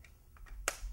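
The plastic housing cover of a Claber Logica drip irrigation timer is closed back up after its 9-volt battery is fitted. Two faint sharp clicks at about 0.0 and 0.4 seconds are followed by a much louder, bright snap at 0.7 seconds, where the housing latches shut.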